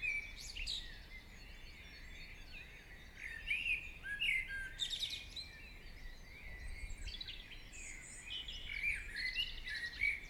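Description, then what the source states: Birds: mixed chirps, twittering and whistled phrases in a continuous stream over faint background noise. Birds singing in the morning.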